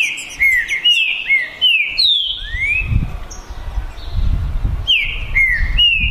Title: DISPUTA DE TRINCA FERRO PERFEITA!! NAVAL VS DEMOLIDOR 2022! TEMPORADA 2022!